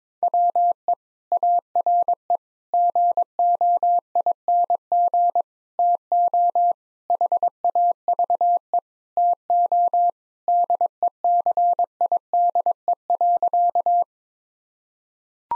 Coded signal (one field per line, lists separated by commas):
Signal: Morse code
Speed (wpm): 21 wpm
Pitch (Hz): 700 Hz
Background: none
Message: WE ARE GOING TO HAVE TO DECIDE.